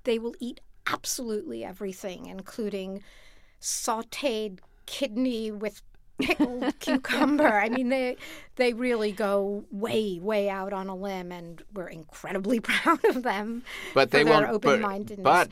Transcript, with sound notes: They will eat absolutely everything, including sauteed kidney with pickled cucumber.
(Laughter).
I mean, they really go way, way out on a limb. And we're incredibly proud of them (laughter)...
But they won't...
for their open-mindedness...